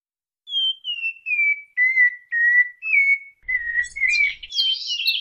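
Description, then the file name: Cocoa Thrush singing a run of mellow whistled notes that step gently downward, ending in a quicker, scratchier flourish. "sabia da mata"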